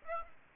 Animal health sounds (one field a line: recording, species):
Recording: mosquito wingbeat signal from an infrared sensor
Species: Aedes aegypti